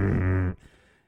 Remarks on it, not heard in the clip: We have to use this suction machine that sounds like a flipping jackhammer. and it sucks the secretions out of the trach tube.